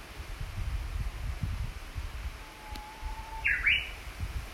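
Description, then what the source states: Japanese bush warbler song: a low, steady whistled note, then a brisk rising and dropping ending. A low rumble sits underneath. Recorded 14 June 2019.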